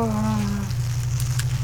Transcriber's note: chuckling